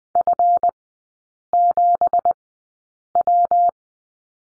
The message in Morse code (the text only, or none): F7W